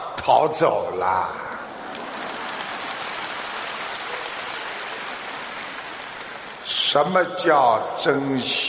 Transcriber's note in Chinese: 掌声